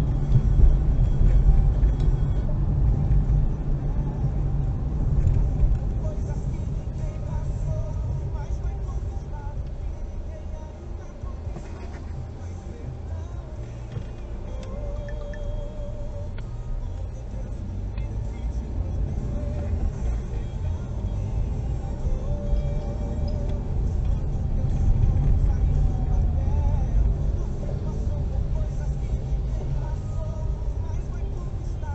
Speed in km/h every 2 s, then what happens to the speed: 34, 35, 26, 13, 4, 0, 0, 6, 11, 14, 23, 26, 26, 20, 15, 10.
3-9 brakes to 0. 9-13 standing. 13-22 pulls away to 26. 24-32 slows to 10.